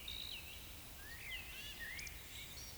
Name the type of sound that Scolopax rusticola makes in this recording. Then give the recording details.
whistle, croak. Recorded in Baden-Württemberg, Germany, on 10 May 2021 at 19:11 UTC. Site 24606, 635 m above sea level